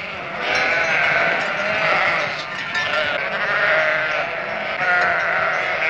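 Sheep bleating as a flock, many overlapping wavering bleats forming a continuous chorus throughout.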